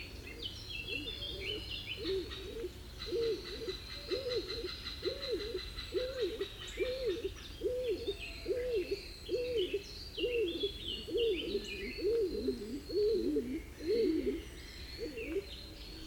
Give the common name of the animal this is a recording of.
Stock Dove